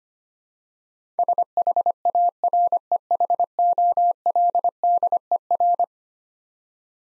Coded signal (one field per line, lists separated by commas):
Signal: Morse code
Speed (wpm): 25 wpm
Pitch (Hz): 700 Hz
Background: none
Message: SHAREHOLDER